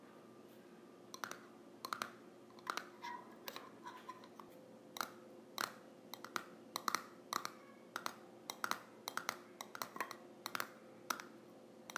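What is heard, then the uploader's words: A tin container's lid clicks and taps over and over, sharp metallic knocks coming irregularly about two or three times a second, some in quick doubles, a few leaving a short ringing tone. A low steady hum runs underneath the whole time. ASMR Lid of a Tin Container.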